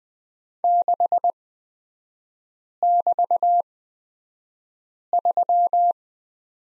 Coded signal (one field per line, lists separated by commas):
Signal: Morse code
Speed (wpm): 20 wpm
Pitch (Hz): 700 Hz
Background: none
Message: 6<BT>3